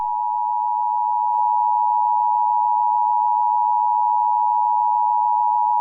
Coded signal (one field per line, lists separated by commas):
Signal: Emergency Alert System (SAME) tones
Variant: 853 and 960 Hz attention tone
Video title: EAS Scenario | The Wither Storm (#94)